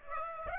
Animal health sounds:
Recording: mosquito wingbeat signal from an infrared sensor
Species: Aedes aegypti

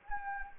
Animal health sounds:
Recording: mosquito wingbeat signal from an infrared sensor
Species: Anopheles gambiae

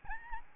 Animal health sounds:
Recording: mosquito wingbeat signal from an infrared sensor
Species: Aedes albopictus

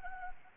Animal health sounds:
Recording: mosquito wingbeat signal from an infrared sensor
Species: Anopheles gambiae

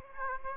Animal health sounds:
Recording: mosquito wingbeat signal from an infrared sensor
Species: Aedes aegypti

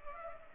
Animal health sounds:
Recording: mosquito wingbeat signal from an infrared sensor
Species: Culex pipiens

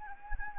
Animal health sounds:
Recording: mosquito wingbeat signal from an infrared sensor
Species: Anopheles arabiensis

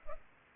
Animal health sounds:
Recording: mosquito wingbeat signal from an infrared sensor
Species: Culex pipiens

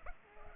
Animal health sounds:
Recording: mosquito wingbeat signal from an infrared sensor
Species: Culex pipiens

